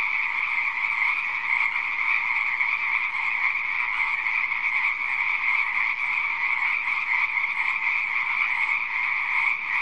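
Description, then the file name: Frogs croaking en masse, a ceaseless layered chorus with a faint pulsing texture and even loudness throughout. "audio hero Frog"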